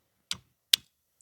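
The plastic locking cover on the adapter of a second Rain-X Latitude wiper blade is snapped back down over the wiper arm. A sharp click at 0.3 s is followed by a louder, crisper snap at 0.7 s, with a faint tick near 1.2 s. The clip seats closed at 0.7 s.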